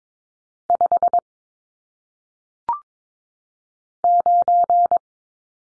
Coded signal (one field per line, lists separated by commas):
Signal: Morse code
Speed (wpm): 22 wpm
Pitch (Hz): 700 Hz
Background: none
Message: 5 9